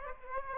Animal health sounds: mosquito wingbeat signal from an infrared sensor; Aedes aegypti

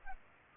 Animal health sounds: mosquito wingbeat signal from an infrared sensor; Culex pipiens

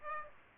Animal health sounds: mosquito wingbeat signal from an infrared sensor; Aedes aegypti

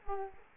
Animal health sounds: mosquito wingbeat signal from an infrared sensor; Culex quinquefasciatus

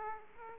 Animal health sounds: mosquito wingbeat signal from an infrared sensor; Aedes aegypti

